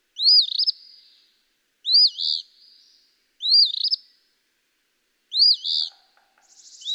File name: Eastern Phoebe